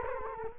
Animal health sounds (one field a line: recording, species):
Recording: mosquito wingbeat signal from an infrared sensor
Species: Culex quinquefasciatus